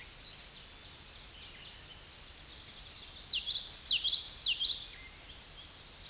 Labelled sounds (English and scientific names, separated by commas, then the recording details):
Common Yellowthroat (Geothlypis trichas) song
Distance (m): 10 m
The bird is about 5 m above the microphone
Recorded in a Pennsylvania forest on 16 May 2024 at 08:10
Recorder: AudioMoth, point MSD-1342
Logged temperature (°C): 15.5 °C
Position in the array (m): 221 m, 186 m